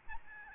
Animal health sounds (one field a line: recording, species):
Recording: mosquito wingbeat signal from an infrared sensor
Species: Aedes albopictus